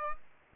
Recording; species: mosquito wingbeat signal from an infrared sensor; Aedes aegypti